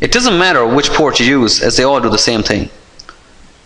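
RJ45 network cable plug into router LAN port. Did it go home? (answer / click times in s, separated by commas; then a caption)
yes / 3.0 s, 3.1 s. Someone talks for the first 2.7 seconds. The plastic RJ45 plug of an Ethernet (CAT 5) network cable is then pushed into one of the four yellow-marked LAN ports on the back of an Eircom router. Two short, sharp clicks at 3.0 s and 3.1 s show that it has seated.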